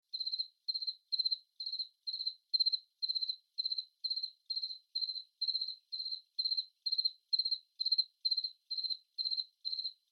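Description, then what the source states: Crickets chirping, steady short pulsed chirps at a high even pitch, about two per second without pause, nothing else heard. Crickets at night.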